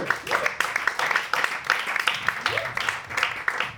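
A crowd breaks into steady, dense applause, many hands clapping together in a continuous crackling wash, with a faint shout or whoop rising briefly through the clapping.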